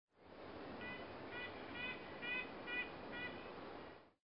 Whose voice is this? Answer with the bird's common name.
Red-breasted Nuthatch